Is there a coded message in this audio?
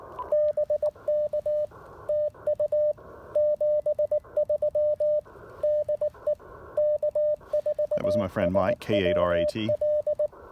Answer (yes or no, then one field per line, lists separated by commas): yes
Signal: Morse code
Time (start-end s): 0.3-10.3 s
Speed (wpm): 18 wpm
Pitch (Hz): 600 Hz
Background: speech, radio noise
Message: BK TU 73 DE K4SWL